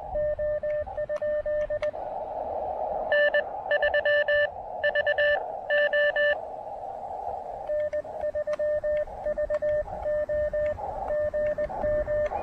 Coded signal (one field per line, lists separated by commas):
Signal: Morse code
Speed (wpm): 19 wpm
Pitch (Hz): 600 Hz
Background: radio noise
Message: O? N3VO N3VO GM